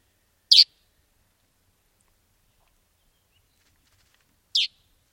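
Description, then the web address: Snow bunting calls, two short high chirps about four seconds apart, with silence around them. "snow bunting bird call"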